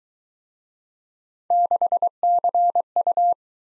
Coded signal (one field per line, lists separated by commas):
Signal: Morse code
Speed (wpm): 20 wpm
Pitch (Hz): 700 Hz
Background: none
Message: 6CU